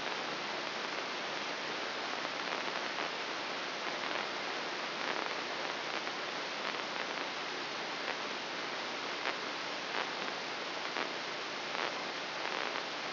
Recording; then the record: brain microelectrode recording played as sound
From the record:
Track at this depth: inside the subthalamic nucleus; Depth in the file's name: 3.712 mm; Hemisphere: left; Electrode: 3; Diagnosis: Parkinson's disease